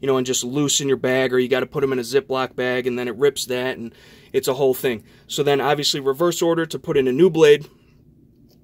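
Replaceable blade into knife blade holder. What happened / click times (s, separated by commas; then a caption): Handled, not yet home: replacement blade not yet locked into its holder / none. A man talks about handling a replaceable steel blade for a Gerber Vital small hunting knife, about to put a new blade into the knife's blade holder. Only speech is heard, fading to near silence at about 7.7 seconds. Nothing has seated or clicked yet.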